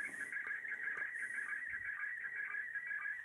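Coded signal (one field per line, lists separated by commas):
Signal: SSTV (slow-scan television)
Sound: continuous warbling, chirping tone around 2 kHz with quick regular dips, under hiss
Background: radio static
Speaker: Robot 36 is decoding what the bow Fang is putting out from the space station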